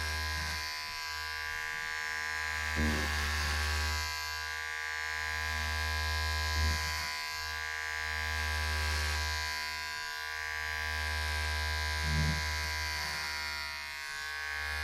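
Electric hair clippers buzz steadily throughout with a low, even drone that barely changes. Every few seconds, around the third, seventh and twelfth seconds, a brief knock or snip of handling sounds over the buzz, and the pitch wavers slightly as the clipper moves.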